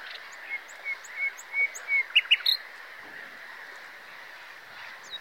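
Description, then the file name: Common nightingale song: a slow series of soft whistled notes swelling in loudness, then sharp high chirps, over steady background hiss. "Luscinia megarhynchos"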